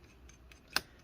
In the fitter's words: You'll hear that click, and then that's how you know it's completely undone.